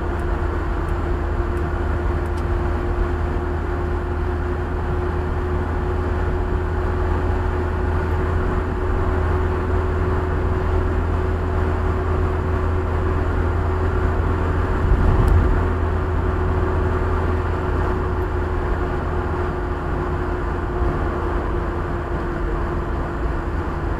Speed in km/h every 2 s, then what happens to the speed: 76, 76, 78, 79, 80, 80, 80, 81, 81, 80, 77, 76.
0-24 steady at about 79.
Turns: none.